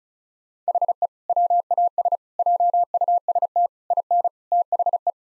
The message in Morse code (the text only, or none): HE WAS JUST IN THE